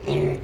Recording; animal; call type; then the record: contact call of a hoofed animal; pig; closed-mouth grunt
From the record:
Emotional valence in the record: negative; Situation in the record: short social isolation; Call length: 0.45 s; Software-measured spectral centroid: 1620 Hz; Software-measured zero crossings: 980 a second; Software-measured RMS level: -24 dBFS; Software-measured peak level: -12 dBFS